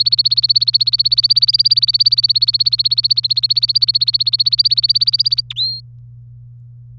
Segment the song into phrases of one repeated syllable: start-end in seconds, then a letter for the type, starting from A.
0.00-5.41 A, 5.50-5.53 B, 5.56-5.80 C